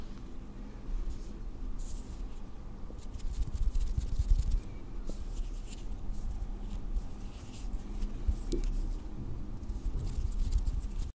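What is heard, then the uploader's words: Makeup is applied to a face over a steady low rumble, with soft brushing swishes coming in bursts every second or two. ASMR First person Makeup On Your Face(No Talking).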